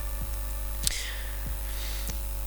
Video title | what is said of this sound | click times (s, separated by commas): JUWAL - Comment faire un câble PowerTwist | vous entendez des petits clips qu'il est bien verrouillé et là c'est nickel chrome | 0.9 s